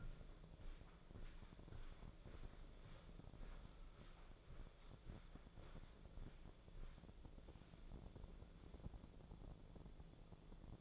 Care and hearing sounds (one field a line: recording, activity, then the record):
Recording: daily activity, microphone in the room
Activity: walk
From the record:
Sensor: 5